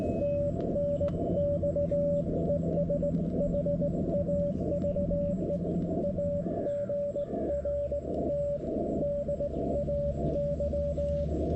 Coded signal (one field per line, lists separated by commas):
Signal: Morse code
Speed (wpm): 18 wpm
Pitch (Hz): 590 Hz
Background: radio noise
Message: TNX ES HAVE A GRT DAY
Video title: QRS CW POTA on a straight key at Taughannock Falls State Park